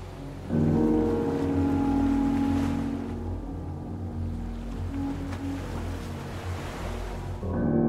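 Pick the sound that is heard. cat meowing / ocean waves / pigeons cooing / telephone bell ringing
ocean waves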